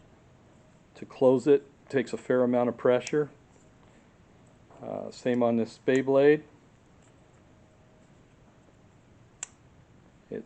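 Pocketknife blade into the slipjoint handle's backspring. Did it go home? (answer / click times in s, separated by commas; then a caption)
yes / 9.4 s. Someone talks about an Ozark Trail #6815 two-blade folding knife, a slipjoint trapper pocketknife, while its second blade is opened. At 9.4 s the blade snaps into its open position against the handle's backspring with a sharp click, seating firmly in place.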